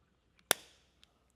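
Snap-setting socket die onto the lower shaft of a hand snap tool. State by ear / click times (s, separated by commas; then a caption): seated / 0.5 s. A snap-setting socket die is pushed onto the rubber O-ringed lower shaft of a Sailrite HandySnap hand snap tool while its lever is slightly depressed. A faint tick at 0.4 s is followed by one sharp click at 0.5 s that decays over about a quarter second, then another faint tick at 1.0 s. The socket die snaps on and is seated on the shaft.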